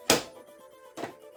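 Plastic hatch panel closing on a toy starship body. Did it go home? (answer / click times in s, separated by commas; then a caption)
no / none. A hinged plastic hatch panel on a vintage toy starship is closed onto the body, giving one sharp loud knock at 0.1 s and a fainter second knock near 1.0 s. The hatch has not snapped shut.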